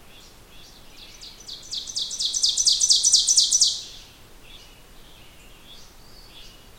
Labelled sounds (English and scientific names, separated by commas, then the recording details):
Ovenbird (Seiurus aurocapilla) song
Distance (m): 15 m
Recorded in boreal forest in Alberta, Canada, on 16 June 2016 at 08:33
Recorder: SongMeter 3, array SBT-3-32
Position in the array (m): 166 m, 31 m
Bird 36